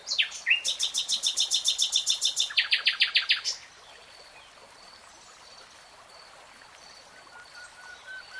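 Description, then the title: Nightingale song: a fast, loud series of repeated rattling notes for about three seconds, then quiet with faint whistles. Three-hour real-time recording. "[Tiếng chim hót] REALTIME Nightingale Singing"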